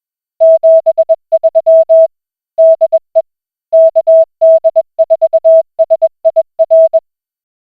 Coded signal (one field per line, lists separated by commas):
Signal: Morse code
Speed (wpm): 21 wpm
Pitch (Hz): 650 Hz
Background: music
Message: 73 DE KD4SIR